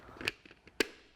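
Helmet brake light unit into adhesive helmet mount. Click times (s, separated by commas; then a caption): 0.8 s. A motorcycle brake-light unit is pushed into a universal 3M adhesive mount stuck on a helmet shell. A few light ticks and taps come first, and the loudest at 0.3 s is faint next to the click. Then a sharp, loud click at 0.8 s marks the unit seating securely in the mount.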